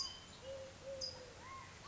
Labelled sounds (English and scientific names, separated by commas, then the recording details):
California Towhee (Melozone crissalis)
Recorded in Sonoma County, California